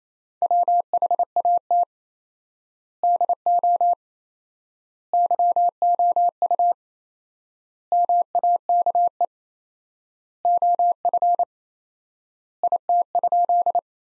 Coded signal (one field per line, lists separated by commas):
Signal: Morse code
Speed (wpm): 28 wpm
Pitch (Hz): 700 Hz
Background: none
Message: WHAT DO YOU MAKE OF IT?